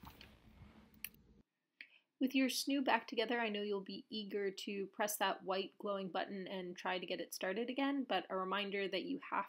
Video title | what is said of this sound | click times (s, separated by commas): Fix your broken or jerky Snoo with this O-Ring repair | They make this really satisfying click when you get them in, but you just put them on and push down pretty hard. | 1.0 s, 1.8 s